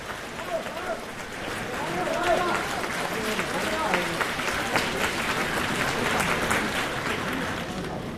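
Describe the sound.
An audience at a crosstalk comedy performance breaks into steady, sustained applause for the performers that swells after the first second and keeps going to the end, dense crackling claps with some voices talking underneath at the start.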